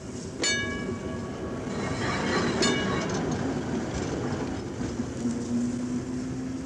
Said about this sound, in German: Über dem in heißer Mittagssonne liegenden Betriebshof der städtischen Straßenbahn fährt langsam der fahrplanmäßige Triebwagen des großen Rings, holt sich im Depot seinen Anhänger und begibt sich auf seine Tour durch die Stadt,